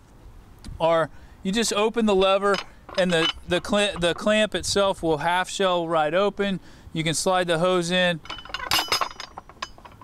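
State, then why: Seated. Someone talks while a hose is slid into the open half-shell jaws of a large-diameter fire hose clamp, and the clamp's lever is then closed over the hose. A few metallic clinks from about 8.5 s lead up to a sharp final click at 9.6 s as the lever latches closed and the clamp is seated.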